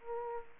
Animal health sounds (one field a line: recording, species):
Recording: mosquito wingbeat signal from an infrared sensor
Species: Aedes aegypti